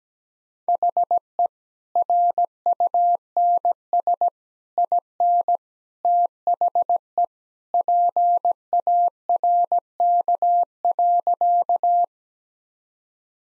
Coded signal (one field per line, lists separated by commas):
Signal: Morse code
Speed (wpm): 17 wpm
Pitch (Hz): 700 Hz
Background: none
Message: HE RUNS IN THE PARK.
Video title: Easy Sentences with Hints - 17wpm